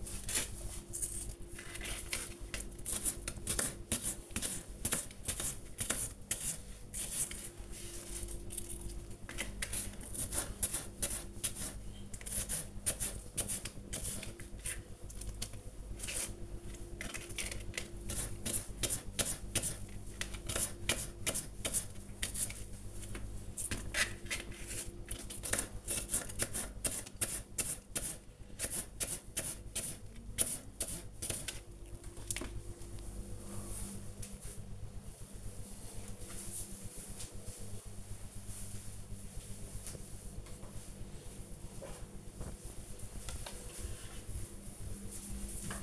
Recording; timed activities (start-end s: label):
household activities, microphone on the right wrist
0.00-31.82 s: cutting vegetables
39.88-45.83 s: watering plant